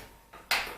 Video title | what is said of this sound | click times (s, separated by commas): Skil router and table combo | So it just clicks right in. | 0.5 s